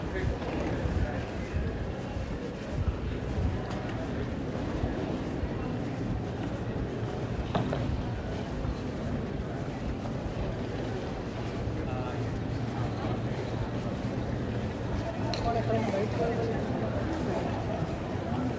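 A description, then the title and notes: A terminal's hustle and bustle: a dense, steady wash of overlapping voices over a low rumble, with a brief sharp clack near eight seconds. San Francisco International Airport (SFO). You'll hear the sounds of luggage wheels rolling across the floor, as travelers make their way through the terminal. The buzz of conversations in different languages creates a sense of global connectedness. The sound of footsteps on the polished floors, and the hum of escalators and moving walkways, all come together in a symphony of movement and activity. SFO Hustle Bustle.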